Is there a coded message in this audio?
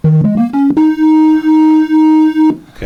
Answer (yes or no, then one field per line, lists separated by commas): no